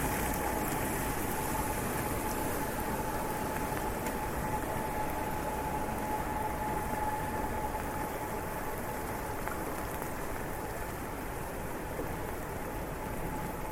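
Steady rain hisses through streets while walking, with a low traffic rumble and a thin continuous tone running throughout.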